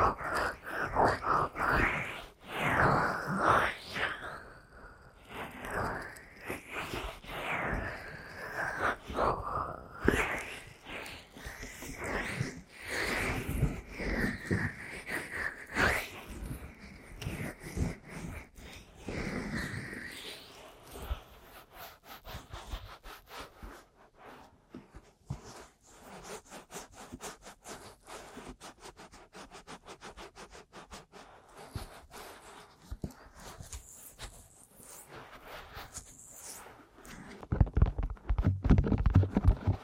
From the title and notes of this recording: ASMR Aggressive Ear Massage & Tapping (No Talking).